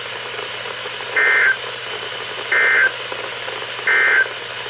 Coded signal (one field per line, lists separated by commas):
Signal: Emergency Alert System (SAME) tones